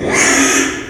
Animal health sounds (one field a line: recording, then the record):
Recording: squeal of a Yucatan mini pig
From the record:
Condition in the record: after surgery on the right vocal fold (resection and tissue-engineered implant)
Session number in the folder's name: 3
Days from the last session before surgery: 33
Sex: male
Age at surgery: 12 weeks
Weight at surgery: 13 kg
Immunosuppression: cyclosporine, prednisolone